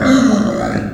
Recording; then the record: squeal of a Yucatan mini pig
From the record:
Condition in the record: after surgery on the right vocal fold (resection and tissue-engineered implant); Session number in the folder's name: 6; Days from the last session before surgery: 40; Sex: female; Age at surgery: 19 weeks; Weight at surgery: 25 kg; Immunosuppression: prednisolone